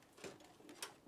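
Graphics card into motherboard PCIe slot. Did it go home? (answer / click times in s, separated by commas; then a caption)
yes / 0.8 s. A graphics card is lined up with the top PCIe slot of a motherboard in a case lying flat and pushed down into the slot. A short scrape and a soft tap come first, and then the slot's plastic retention latch gives a sharp click at 0.8 s as the card seats.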